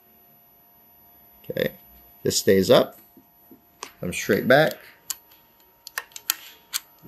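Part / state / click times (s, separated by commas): bobbin case into sewing machine rotary hook / seated / 6.3 s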